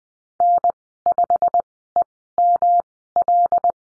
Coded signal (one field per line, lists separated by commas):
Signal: Morse code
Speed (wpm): 20 wpm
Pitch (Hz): 700 Hz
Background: none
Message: N5EML